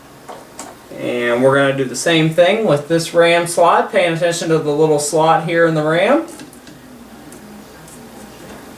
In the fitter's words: as I'm holding the back of the case you can hear it click into place